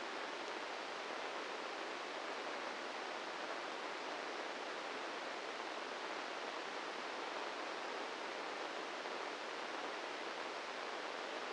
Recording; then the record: brain microelectrode recording played as sound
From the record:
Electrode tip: inside the subthalamic nucleus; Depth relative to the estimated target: -3 mm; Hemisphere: left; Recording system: NeuroSet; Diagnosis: Parkinson's disease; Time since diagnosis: 8 years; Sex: male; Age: 46 years